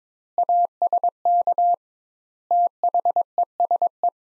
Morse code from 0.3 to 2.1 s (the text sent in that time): ASK